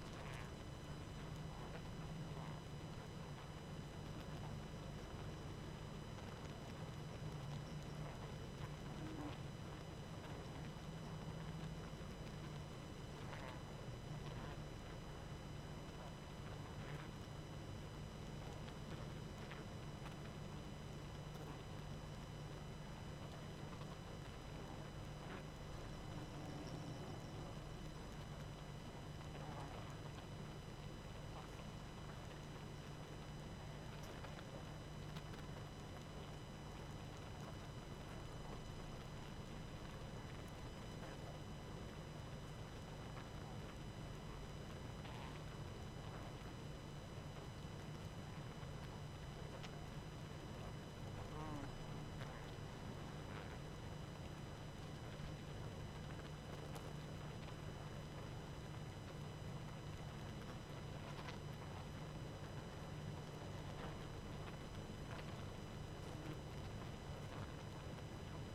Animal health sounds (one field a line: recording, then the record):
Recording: honeybee colony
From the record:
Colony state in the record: active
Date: 12 June 2018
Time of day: 22:02